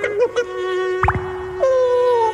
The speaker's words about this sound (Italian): Bolla! È scoppiata! Acqua minerale Lete. L'acqua effervescente naturale con la minor presenza di sodio.